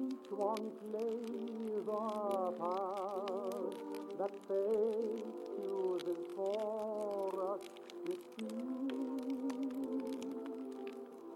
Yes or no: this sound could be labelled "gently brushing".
no